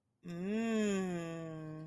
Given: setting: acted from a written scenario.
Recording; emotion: vocal sound without words; desire